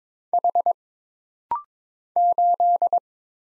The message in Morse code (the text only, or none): H 8